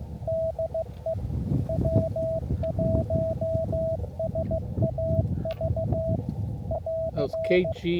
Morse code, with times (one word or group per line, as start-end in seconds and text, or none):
0.3-1.1 DE
1.7-6.2 W1SAV
6.7-7.7 <AR>